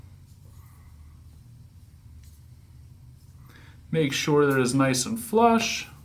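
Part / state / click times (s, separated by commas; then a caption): lighter internal insert into lighter housing / not seated / none. A DISSIM Inverted Lighter's internal insert is being pushed the rest of the way into its outer housing so it sits flush. A few seconds of quiet handling with a faint tick near 2.2 s are followed by someone talking. Nothing has seated or clicked yet.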